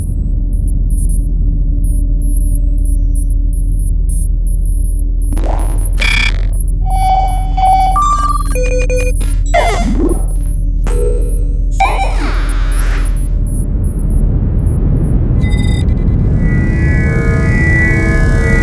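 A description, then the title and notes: Spaceship sounds: a steady low drone under bursts of beeps, bleeps and whooshes through the middle, then a louder rushing hum rises near the end. Battlecruiser - Spaceship Sound Effects.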